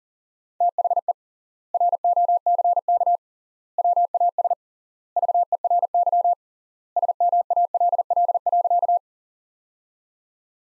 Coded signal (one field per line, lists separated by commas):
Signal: Morse code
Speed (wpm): 38 wpm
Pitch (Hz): 700 Hz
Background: none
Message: THE ROCK WAS VERY SMALL.